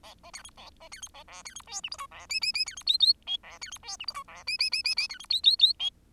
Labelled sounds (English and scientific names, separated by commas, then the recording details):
Bengalese Finch (Lonchura striata domestica) song
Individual Bird10